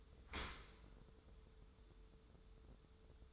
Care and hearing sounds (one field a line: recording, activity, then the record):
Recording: daily activity, microphone in the room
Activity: open dishwasher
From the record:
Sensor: 3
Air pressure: 1015.0 hPa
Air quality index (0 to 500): 33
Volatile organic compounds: 1 ppm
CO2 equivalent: 550 ppm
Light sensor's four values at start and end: 11/26/11/11 and 11/26/11/11